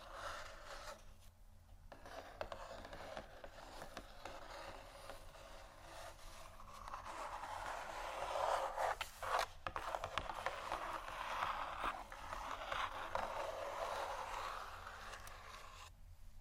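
Cardboard boxes are scratched in a steady, dense rasp that grows louder after eight seconds, with brief pauses near one, nine and sixteen seconds.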